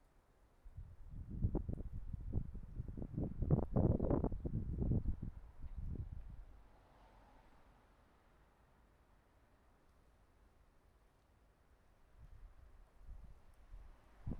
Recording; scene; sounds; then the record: everyday scene through a hearing-aid microphone; wind on the microphone; wind, traffic, birds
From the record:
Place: suburban garden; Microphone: behind the ear, right, rear